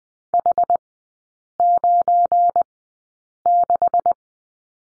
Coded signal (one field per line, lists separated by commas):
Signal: Morse code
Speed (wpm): 20 wpm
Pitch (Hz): 700 Hz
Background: none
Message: H96